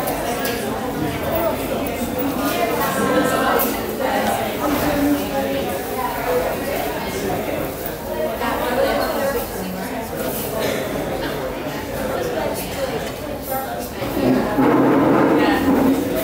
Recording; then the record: background sound without coughing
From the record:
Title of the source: 40 min - Ambience sounds UNIVERSITY lunchroom chatting